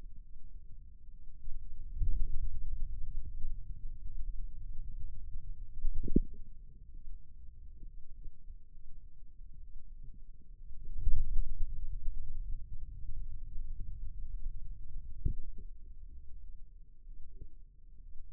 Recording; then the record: forearm muscle sounds (acoustic myography)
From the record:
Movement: ulnar deviation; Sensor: system 2, bracelet of six BSWA MPA416 microphones around the upper forearm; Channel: 6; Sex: male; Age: 22 years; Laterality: right